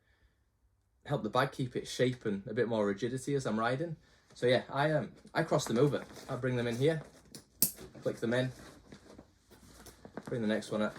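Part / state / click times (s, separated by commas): plastic strap buckle on a bike seat pack strap / seated / 7.6 s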